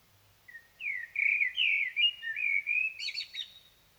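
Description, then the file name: Common blackbird singing a mellow, fluty warbled phrase that wanders up and down, ending in a thin, high, squeaky twitter. "Turdus merula"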